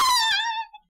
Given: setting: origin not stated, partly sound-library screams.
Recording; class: one-second piece from a danger detection set; woman in danger